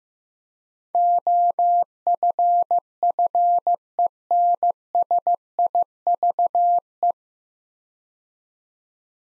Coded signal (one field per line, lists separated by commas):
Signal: Morse code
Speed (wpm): 15 wpm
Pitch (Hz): 700 Hz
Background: none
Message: OFFENSIVE